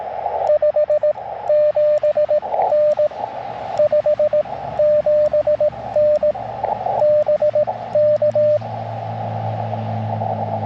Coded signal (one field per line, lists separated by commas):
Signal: Morse code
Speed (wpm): 18 wpm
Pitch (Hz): 600 Hz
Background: radio noise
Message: 57N 57N BK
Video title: Sunrise Coffee & Morse Code - QRP CW POTA Activation 5/15/23 @ K-4451